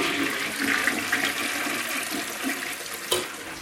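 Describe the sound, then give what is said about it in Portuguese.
A toilet flushes in a steady, hissing rush of water that churns and gurgles throughout, with a brief sharper splash near the end and no voices. “Deixa eu puxar a descarga também, deixa.”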